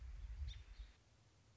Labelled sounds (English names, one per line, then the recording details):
American Robin
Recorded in Sonoma County, California